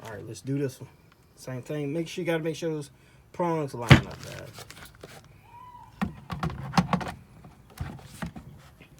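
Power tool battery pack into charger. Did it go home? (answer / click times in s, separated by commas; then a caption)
no / none. Someone talks while lining up the prongs of a second Greenworks 60 V max mower battery pack with its charger and handling it into place, with a series of sharp plastic contact sounds around 6.0 to 7.0 seconds. Nothing has seated or clicked yet; the clip ends just before the battery goes home.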